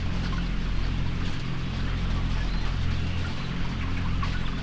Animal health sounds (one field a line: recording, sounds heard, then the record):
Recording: poultry house recording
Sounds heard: healthy chickens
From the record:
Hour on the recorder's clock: 20